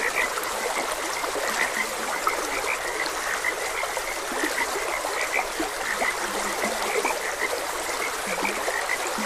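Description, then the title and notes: A frog chorus of rapid, overlapping croaks with a few lower throaty notes, set against constant babbling water. Frogs croaking beside a gentle stream. "Gentle Stream and Frogs Croaking - Calming Sounds of Nature. Sleep and Relaxation Podcast"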